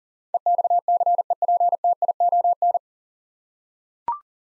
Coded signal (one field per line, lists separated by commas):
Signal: Morse code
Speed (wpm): 40 wpm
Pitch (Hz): 700 Hz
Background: none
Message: EXCEPTION